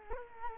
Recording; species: mosquito wingbeat signal from an infrared sensor; Culex quinquefasciatus